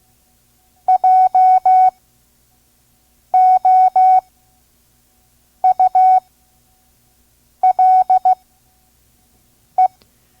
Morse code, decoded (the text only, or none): JOULE